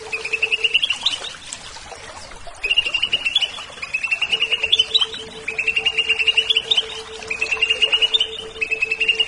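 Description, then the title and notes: Leafbird song: bright, rapid warbled phrases of high twittering notes, repeated several times, with a low hum through parts of it. "Cucak Ijo"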